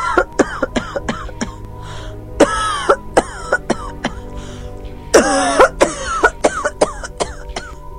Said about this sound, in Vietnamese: Bà Sang bỗng lên cơn ho dữ dội.